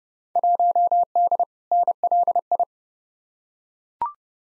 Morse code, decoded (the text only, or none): 1D NLI